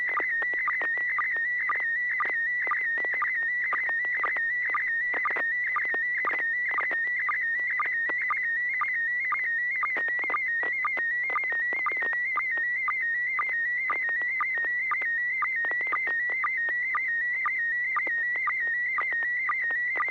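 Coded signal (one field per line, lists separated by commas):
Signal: SSTV (slow-scan television)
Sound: warbling, chirping tone around 2 kHz with steady rhythmic ticks, about two per second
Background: low hum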